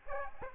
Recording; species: mosquito wingbeat signal from an infrared sensor; Aedes aegypti